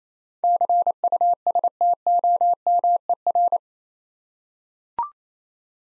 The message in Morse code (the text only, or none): CUSTOMER